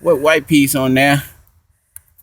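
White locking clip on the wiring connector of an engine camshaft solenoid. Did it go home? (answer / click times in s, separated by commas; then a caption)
yes / 2.0 s. Someone talks while the white plastic locking clip on the electrical connector of a 2013 Chevy Malibu's intake/exhaust camshaft solenoid (codes P0010, P0011) is pushed back on by hand. After the talking stops, a sharp click sounds at 2.0 s, followed by a couple of faint ticks. The clip is seated.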